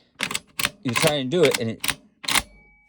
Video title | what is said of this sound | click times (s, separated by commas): BH Best arms BA-312-PG 12 gauge | it doesn't lock so what you got to do is you have to | none